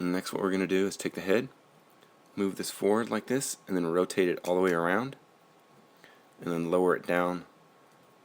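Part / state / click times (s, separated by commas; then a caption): plastic head assembly lowering into the transforming robot toy's body / not seated / none. Someone talks while handling a Transformers Go! G10 Hishoumaru transforming robot toy, moving its plastic head assembly forward, rotating it all the way around, and starting to lower it down into the toy's body. Between the bursts of talk there are quiet pauses with only faint handling sounds. The head is still being lowered, and nothing has seated or clicked yet.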